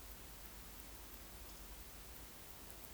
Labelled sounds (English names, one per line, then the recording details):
Eurasian Woodcock whistle
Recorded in Baden-Württemberg, Germany, on 9 May 2021 at 19:43 UTC
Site 23718, 552 m above sea level